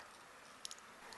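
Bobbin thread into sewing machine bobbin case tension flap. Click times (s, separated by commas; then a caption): 0.7 s. With the bobbin held in its case, thread is pulled up through the metal flap (tension spring) of a sewing machine bobbin case over a quiet hiss. A sharp click at 0.6 s marks the thread coming out of the flap and seating in place, followed by fainter ticks at 0.7 s and 1.1 s.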